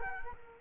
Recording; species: mosquito wingbeat signal from an infrared sensor; Culex quinquefasciatus